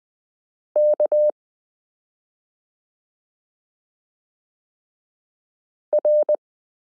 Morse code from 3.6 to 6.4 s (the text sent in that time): R